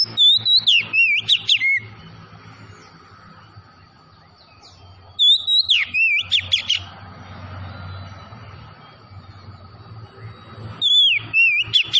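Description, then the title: Oriental magpie-robin delivering three separate song phrases of rich whistles and quick slurs, roughly every five seconds, with quiet low noise between them. Tretes variety, singing vigorously (gacor). "Kacer Tretes"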